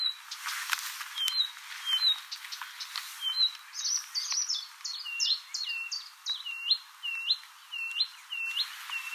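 Blyth's reed warbler song: high, hooked whistled notes, each repeated several times in short series, mixed with dry clicks and brief pauses. The phrases vary and keep coming.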